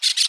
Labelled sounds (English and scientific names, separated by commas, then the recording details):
Brown-throated Parakeet (Eupsittula pertinax) contact call
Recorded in Aruba
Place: hill w/tanki N of Savaneta
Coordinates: 12.461, -69.944